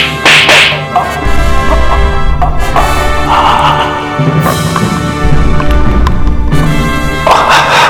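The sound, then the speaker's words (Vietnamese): A series of sharp, loud slaps to a man's face land at uneven intervals, each a crisp smack, over a steady low rumbling drone. “Anh Kỳ và Bắc Lý đã biến mất, chỉ còn lại Đinh Đông và Tiểu Hòa Thượng, Lục Tử Minh dìu Kha Lương rồi tát mạnh liên tiếp vào mặt anh.”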